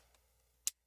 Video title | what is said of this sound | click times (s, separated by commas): Red Dot Forum Camera Talk: Gearing Up For Landscape Photography - Part 1 | to do that and then it will snap into place | 0.7 s